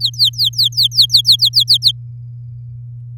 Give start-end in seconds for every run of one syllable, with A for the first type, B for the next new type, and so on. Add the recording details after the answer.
0.00-1.92 A. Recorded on 8 May 2018 at 05:43. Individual llb16